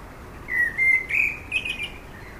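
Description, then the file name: Common blackbird song fragment: three or four smooth fluted notes rising slightly in pitch, topped by a faint high twitter. "Turdus merula"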